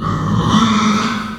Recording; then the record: squeal of a Yucatan mini pig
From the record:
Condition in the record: after surgery on the right vocal fold (resection and tissue-engineered implant); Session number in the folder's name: 15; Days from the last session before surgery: 175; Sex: female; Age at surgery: 19 weeks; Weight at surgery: 25 kg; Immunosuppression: prednisolone